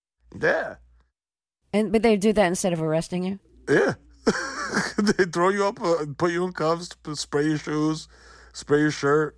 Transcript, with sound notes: Yeah.
And - but they'd do that instead of arresting you?
Yeah (laughter). They'd throw you up - put you in cuffs, spray your shoes, spray your shirt.